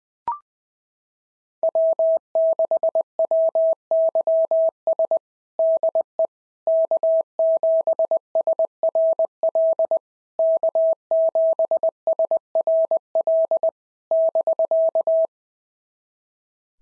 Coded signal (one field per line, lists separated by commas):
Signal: Morse code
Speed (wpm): 19 wpm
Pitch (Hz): 650 Hz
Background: none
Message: W6WYS DE K7SRL K7SRL <BK>